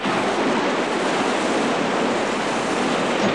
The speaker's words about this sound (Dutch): Oeh, nou, de zee die wordt wel erg ruw.